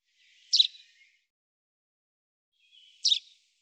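Common chaffinch calling: two short, sharp metallic notes about two and a half seconds apart, against a clean, silent background.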